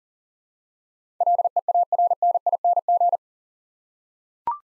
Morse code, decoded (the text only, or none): LEARNING